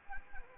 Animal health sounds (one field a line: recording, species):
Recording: mosquito wingbeat signal from an infrared sensor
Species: Anopheles arabiensis